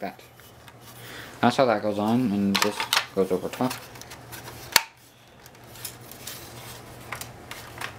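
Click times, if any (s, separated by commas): 4.8 s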